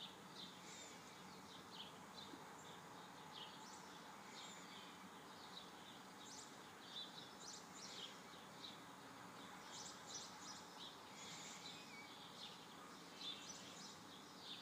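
A morning bird chorus: many birds chirp and trill continuously in bright overlapping calls over a steady low outdoor hum.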